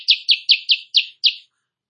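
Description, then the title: Sooty-headed bulbul song: six sharp downslurred chirps repeated about every quarter second, then silence. Masteran recording for training songbirds; bird in full song (gacor) in the morning, meant to prompt rival birds to answer. "Masteran Kutilang Sutra. Kutilang Sutra GACOR pagi hari bikin lawannya AUTO NYAUT"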